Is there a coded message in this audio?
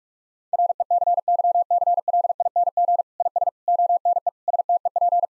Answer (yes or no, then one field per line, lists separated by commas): yes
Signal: Morse code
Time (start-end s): 0.5-5.3 s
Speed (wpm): 42 wpm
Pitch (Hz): 700 Hz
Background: none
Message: RECYCLING IS ONE STEP